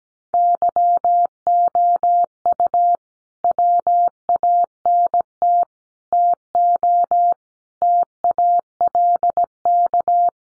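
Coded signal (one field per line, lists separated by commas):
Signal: Morse code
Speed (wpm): 17 wpm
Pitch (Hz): 700 Hz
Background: none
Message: YOU WANT TO TALK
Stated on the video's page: Morse practice of five-word sets at 17wpm, each set sent before and after being spoken.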